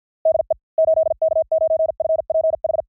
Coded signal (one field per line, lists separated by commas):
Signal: Morse code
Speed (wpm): 50 wpm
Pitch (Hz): 640 Hz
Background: none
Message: DE 8K9FPH